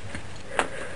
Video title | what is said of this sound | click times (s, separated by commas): ipod hard drive replacement guide | push it down until it clicks | 0.6 s